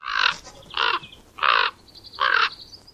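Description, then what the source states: Common raven giving four harsh, hoarse croaks, each short and spaced by brief pauses. Recorded in Greenland.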